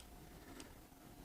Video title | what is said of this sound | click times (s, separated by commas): Fixing Prusa MinTemp Error | screw back it up until it clicks | 0.6 s